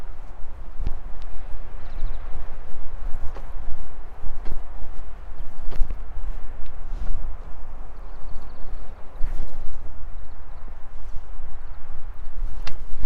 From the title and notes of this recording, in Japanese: じゃがいもの中耕とクワで土寄せ。20℃\\10℃/晴れ。